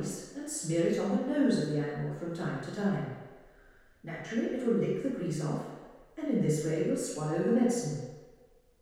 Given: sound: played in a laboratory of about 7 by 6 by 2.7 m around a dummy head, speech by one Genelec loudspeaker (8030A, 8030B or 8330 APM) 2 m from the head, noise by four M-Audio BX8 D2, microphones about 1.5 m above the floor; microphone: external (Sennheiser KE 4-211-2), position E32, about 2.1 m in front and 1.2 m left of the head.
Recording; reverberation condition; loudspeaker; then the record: female speech in English; high; 120 degrees to the left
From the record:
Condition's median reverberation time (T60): about 1300 ms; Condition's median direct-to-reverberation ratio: about -4.0 dB